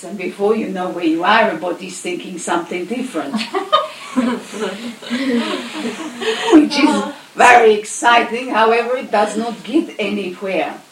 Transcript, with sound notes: Before you know where you are everybody is 'thinking' something different! (Laughter) It's very exciting however it does not get anywhere.